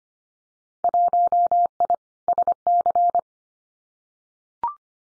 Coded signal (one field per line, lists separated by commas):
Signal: Morse code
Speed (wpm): 25 wpm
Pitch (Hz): 700 Hz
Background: none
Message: 1I SC